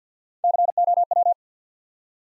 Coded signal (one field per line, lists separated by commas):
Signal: Morse code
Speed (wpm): 47 wpm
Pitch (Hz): 700 Hz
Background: none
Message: COW